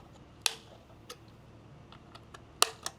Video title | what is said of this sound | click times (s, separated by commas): MESO Customs 3rd Gen Tundra Dome light Installation | snap snap into place | 0.5 s, 2.6 s